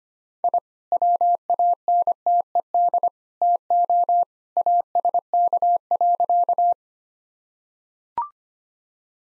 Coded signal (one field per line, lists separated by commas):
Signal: Morse code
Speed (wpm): 25 wpm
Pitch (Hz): 700 Hz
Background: none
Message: I WANTED TO ASK.